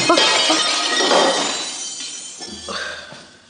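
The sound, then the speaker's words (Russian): An embassy window is smashed by a thrown stone: the glass breaks with a loud crash, followed by a scatter of bright tinkling shards that fade out over a few seconds, with a final small clatter near the end. “Опять стекло высадили.”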